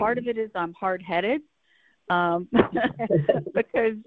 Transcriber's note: laughs